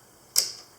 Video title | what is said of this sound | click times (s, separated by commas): Camera - Nikkormat EL | hard until it snaps | 0.4 s